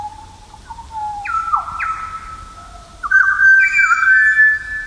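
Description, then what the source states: Pied Butcherbird song: clear, flute-like whistled notes that drop and glide, then a higher sustained whistled phrase with stepped pitch changes. Mirima National Park near Kununurra, Australia.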